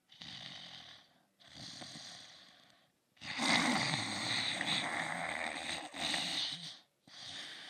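Slow, hissing breath sounds come in about four long, rough bursts separated by brief silences, with one drawn-out noisy phase near the middle. This is calm, prolonged snoring from an adult, made with the mouth.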